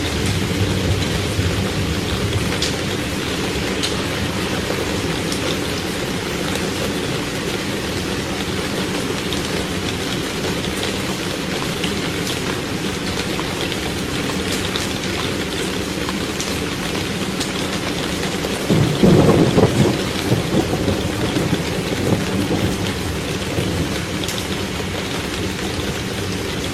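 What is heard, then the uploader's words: Heavy rain pours steadily on a roof for the whole stretch, a dense, even hiss with a low drumming underneath. Just before the twenty-second mark a short, deep rumble of thunder swells up and fades, then the downpour carries on unchanged. Heavy Rain And Thunder Sounds. Heavy rainfall on the roof and powerful thunder at night.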